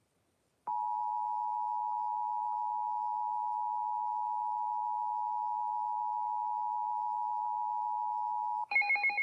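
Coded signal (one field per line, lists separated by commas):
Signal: Emergency Alert System (SAME) tones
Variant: 853 and 960 Hz attention tone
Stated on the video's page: Particularly dangerous situation severe thunderstorm warning.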